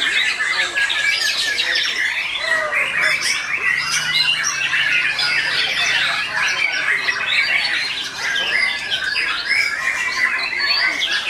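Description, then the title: Oriental magpie-robin song, a dense, unbroken stream of varied chirps, squeaky whistles and harsh notes, mostly high-pitched, continuing without pause throughout. "Kicau Kacer"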